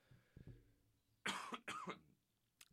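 Two short, harsh coughs in quick succession from an adult man with COVID, tested positive the day before, in a small room.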